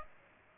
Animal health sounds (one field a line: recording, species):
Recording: mosquito wingbeat signal from an infrared sensor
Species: Aedes aegypti